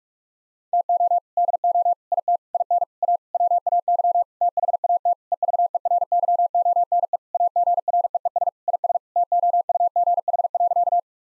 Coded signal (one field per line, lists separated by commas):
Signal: Morse code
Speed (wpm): 46 wpm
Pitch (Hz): 700 Hz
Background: none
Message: TO DO IT IN A WAY THAT EVERYONE AGREES IS TOUGH.